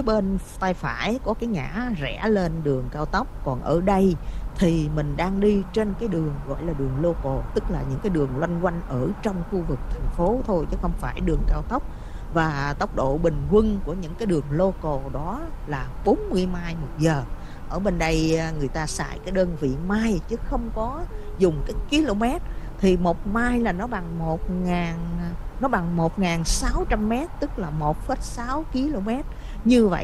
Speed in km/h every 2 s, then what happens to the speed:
42, 47, 47, 47, 48, 58, 60, 61, 61, 63, 63, 61, 61, 60, 56.
0-7 steady at about 47. 7-13 speeds up to 61. 13-21 steady at about 61. 21-30 slows to 56.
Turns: none.